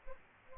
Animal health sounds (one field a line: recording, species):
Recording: mosquito wingbeat signal from an infrared sensor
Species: Culex pipiens